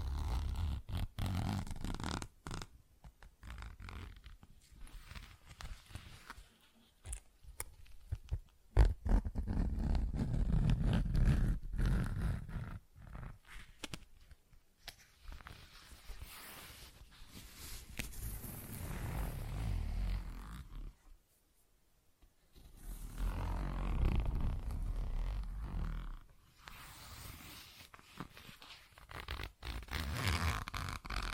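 Tapping, scratching and zipper sounds come in irregular bursts of soft rustling and scraping, with a few sharp clicks, the loudest near nine seconds. The activity swells and fades several times, dropping to near silence around twenty-one seconds before picking up again.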